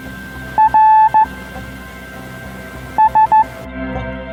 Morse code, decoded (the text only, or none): RS